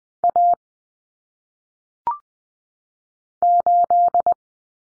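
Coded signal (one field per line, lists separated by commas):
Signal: Morse code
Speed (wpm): 20 wpm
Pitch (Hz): 700 Hz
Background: none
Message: A 8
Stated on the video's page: Morse drill of common single-digit cut numbers at 20 wpm for head-copy practice.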